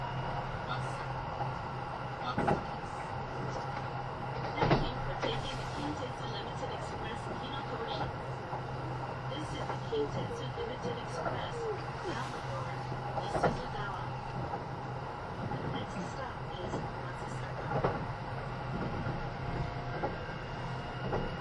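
Inside a moving express train, a steady low rumble and hum fill the cabin, with a constant deep drone underneath. Sharp rail clicks and thumps punctuate the ride every few seconds, near 2.5, 4.5, 13 and 18 seconds, over a dense, even background.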